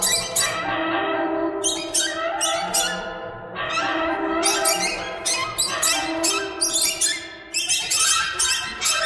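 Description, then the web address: Birds in a noisy squeaky chatter, clusters of shrill harmonic chirps rising and falling in intensity throughout. "soundfactory birds"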